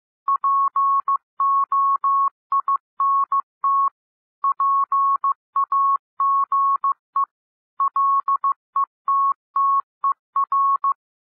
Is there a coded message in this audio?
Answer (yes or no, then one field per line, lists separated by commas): yes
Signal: Morse code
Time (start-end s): 0.3-10.9 s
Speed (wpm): 15 wpm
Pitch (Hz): 1100 Hz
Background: none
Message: POINT PAGE LETTER